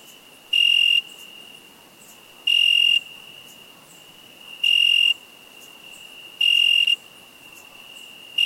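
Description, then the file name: Cricket making four loud ringing chirps about two seconds apart and the start of a fifth, with a soft unbroken high whine in the background. "Cricket insect"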